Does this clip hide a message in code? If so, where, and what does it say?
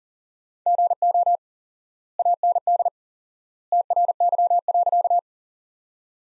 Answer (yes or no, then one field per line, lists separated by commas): yes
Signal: Morse code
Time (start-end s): 0.7-5.2 s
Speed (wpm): 40 wpm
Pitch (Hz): 700 Hz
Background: none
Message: GO AND TRY.